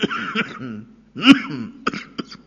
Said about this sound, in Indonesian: Batuk Pak Haji.